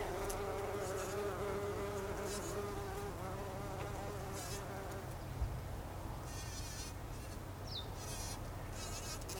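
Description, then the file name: Bumblebee buzz, a wobbling drone strongest in the first few seconds before fading into a steady low background hum. Bumblebees recorded on 26 August 2012. "hunangsflugur 2012-08-26"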